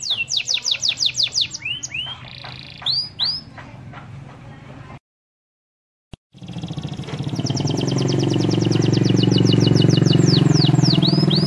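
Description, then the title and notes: Canary song of repeated downslurred notes and trills, broken by a short silence and a click, then a rapid trill over loud low rumbling noise. Canary master song for training birds. "Suara Burung Kenari Masteran. master suara burung kenari mantap"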